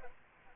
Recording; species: mosquito wingbeat signal from an infrared sensor; Aedes aegypti